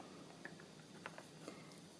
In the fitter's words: and push it down until it clicks into place super easy